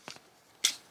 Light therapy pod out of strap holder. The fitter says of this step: They should snap right out for us. Just